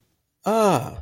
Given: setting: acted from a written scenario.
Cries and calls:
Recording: vocal sound without words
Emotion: realization

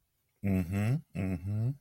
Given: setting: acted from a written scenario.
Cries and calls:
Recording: vocal sound without words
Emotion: sympathy

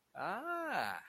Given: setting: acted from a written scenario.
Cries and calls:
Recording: vocal sound without words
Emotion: positive surprise

